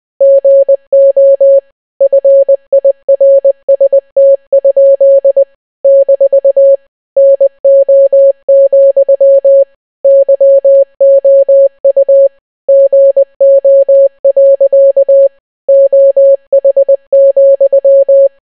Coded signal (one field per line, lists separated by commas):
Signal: Morse code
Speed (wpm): 20 wpm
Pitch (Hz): 550 Hz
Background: none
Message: GO FIRST? - NO, YOU GO. OH,